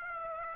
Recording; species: mosquito wingbeat signal from an infrared sensor; Aedes aegypti